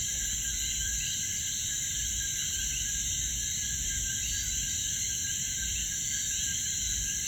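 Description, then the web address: Coquí frogs calling in a dense, steady chorus of overlapping chirping notes over a constant high drone and a low rumble throughout. Frogs at Piñones, Puerto Rico. "puerto rico Cokees frogs Pignones"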